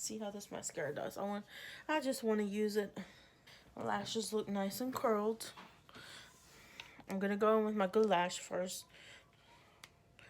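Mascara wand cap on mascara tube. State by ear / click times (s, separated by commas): released / 9.8 s, 10.2 s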